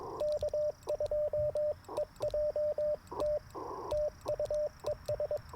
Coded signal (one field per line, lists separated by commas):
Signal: Morse code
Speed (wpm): 22 wpm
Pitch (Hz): 600 Hz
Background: radio noise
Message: K2EJT TUES